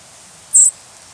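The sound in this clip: White-throated sparrow call: a single very high, thin seet note lasting a fraction of a second, set against quiet background hiss.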